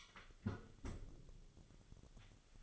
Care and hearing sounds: daily activity, microphone in the room; close fridge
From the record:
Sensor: 4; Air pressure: 1008.6 hPa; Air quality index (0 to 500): 73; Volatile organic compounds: 1 ppm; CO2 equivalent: 629 ppm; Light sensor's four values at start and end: 13/29/12/12 and 13/30/12/12

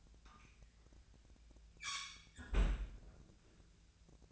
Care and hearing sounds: daily activity, microphone in the room; close fridge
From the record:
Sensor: 2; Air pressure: 1009.6 hPa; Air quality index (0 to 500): 184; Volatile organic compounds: 11 ppm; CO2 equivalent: 2297 ppm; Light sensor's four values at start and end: 26/64/28/30 and 26/64/27/30

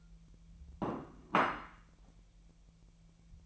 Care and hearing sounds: daily activity, microphone in the room; place plate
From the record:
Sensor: 1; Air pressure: 1000.3 hPa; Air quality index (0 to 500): 144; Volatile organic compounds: 3 ppm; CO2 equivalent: 1349 ppm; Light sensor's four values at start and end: 30/74/31/38 and 30/74/31/37

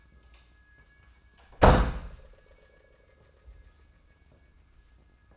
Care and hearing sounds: daily activity, microphone in the room; close door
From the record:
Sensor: 2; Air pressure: 994.2 hPa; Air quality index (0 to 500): 208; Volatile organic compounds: 1000 ppm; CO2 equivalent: 6914 ppm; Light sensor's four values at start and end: 98/234/98/101 and 101/241/101/105

